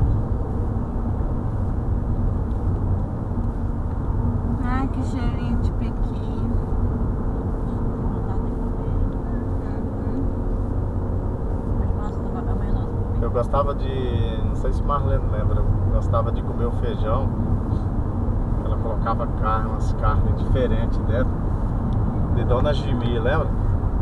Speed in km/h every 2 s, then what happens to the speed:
94, 91, 86, 84, 83, 91, 92, 94, 95, 98, 102, 97.
0-8 slows to 83. 8-20 speeds up to 102.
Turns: none.